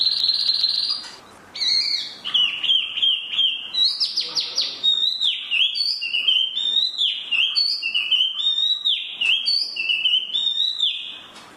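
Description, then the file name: Chinese hwamei singing a lively series of bright, falling whistles, phrases tumbling one after another. "hwamei mini"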